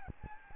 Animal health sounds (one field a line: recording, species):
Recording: mosquito wingbeat signal from an infrared sensor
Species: Aedes albopictus